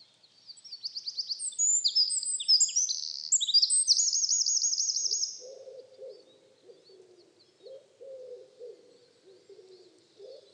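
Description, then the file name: Eurasian wren song: a loud, hurried series of high notes ending in a trill, followed by a soft low sound and faint high notes. "Troglodytes troglodytes"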